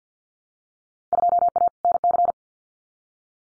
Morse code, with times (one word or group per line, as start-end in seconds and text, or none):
1.1-1.7 2A
1.8-2.3 NC